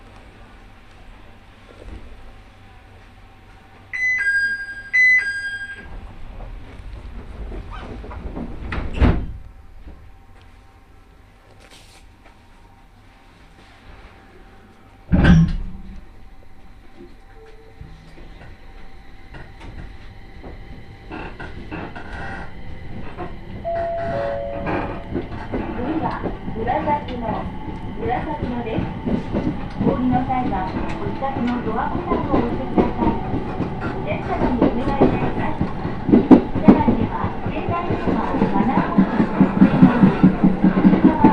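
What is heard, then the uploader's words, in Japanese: A train ride on the Tōhoku and Kitakami lines, starting with a quiet low rumble, a short chime-like electronic tone near four seconds, and sharp knocks around nine and fifteen seconds. From about twenty seconds the running noise builds steadily into a dense, rattling roar. 耳で楽しむ鉄道旅 東北本線・北上線 花巻→北上→和賀仙人。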